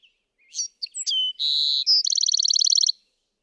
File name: Bewick's Wren